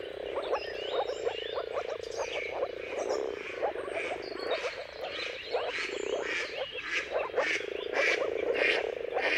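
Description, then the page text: Moor frog chorus of soft bubbling pulses, with bird calls and trills over it. Many moor frogs in a mating chorus at sunrise, at the turn of March and April depending on the weather. "Jakub-Orzecki moor frogs. Depending on the weather at the turn of March and April, you can witness an amazing spectacle of moor frogs"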